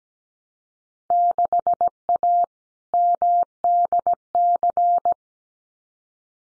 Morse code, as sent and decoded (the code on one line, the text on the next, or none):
-.... .- / -- -.. -.-.
6A MDC